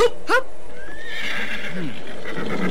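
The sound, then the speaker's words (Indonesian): A horse whinnies with a high, shaky cry that trails off, while hooves clop irregularly underneath and a faint bustle of movement fills the background. “Naikkan mereka ke atas kuda dan berangkat.”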